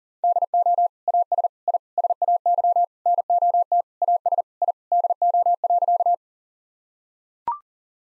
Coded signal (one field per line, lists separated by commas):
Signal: Morse code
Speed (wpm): 40 wpm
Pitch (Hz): 700 Hz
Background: none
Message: DO AS I SAY NOT AS I DO.